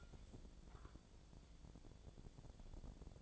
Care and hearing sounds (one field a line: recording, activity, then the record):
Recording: daily activity, microphone in the room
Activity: take from stove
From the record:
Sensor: 5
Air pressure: 1000.2 hPa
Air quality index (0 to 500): 93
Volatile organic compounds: 1 ppm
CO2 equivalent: 759 ppm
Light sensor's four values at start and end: 275/647/280/313 and 274/647/280/312